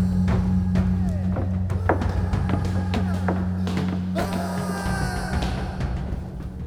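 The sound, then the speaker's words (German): Quick footsteps thud up a bell tower staircase in an uneven rhythm over a steady low hum, then give way to a denser wash of clattering and rustling. “Schnell! Die Treppe hoch.”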